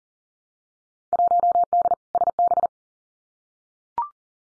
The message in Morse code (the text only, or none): 1D SB